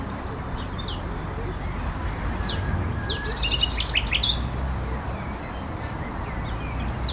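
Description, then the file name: Common nightingale song in phrases of bright descending whistles and quick clicking trills, repeated several times with pauses, over a low steady background hum. At La Vavrette on 14 May 2016, with a MiniDisc recorder. "Rossignol la Vavrette 14 05 16"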